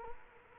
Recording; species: mosquito wingbeat signal from an infrared sensor; Culex quinquefasciatus